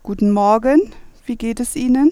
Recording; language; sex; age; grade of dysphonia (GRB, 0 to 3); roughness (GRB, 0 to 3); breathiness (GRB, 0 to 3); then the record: spoken sentence; German; female; 40 to 49 years; 1; 1; 0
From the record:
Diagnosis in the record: hyperfunctional dysphonia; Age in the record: 45 years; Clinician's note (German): Leichte Tendenz dazu bei ponogener Belastung